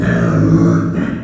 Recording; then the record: squeal of a Yucatan mini pig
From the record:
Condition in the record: after surgery on the right vocal fold (resection and tissue-engineered implant); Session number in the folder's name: 7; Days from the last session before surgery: 47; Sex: female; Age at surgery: 19 weeks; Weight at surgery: 25 kg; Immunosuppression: prednisolone